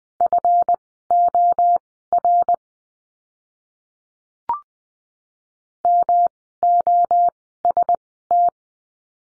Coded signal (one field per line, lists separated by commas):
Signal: Morse code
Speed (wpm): 20 wpm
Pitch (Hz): 700 Hz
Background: none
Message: FOR MOST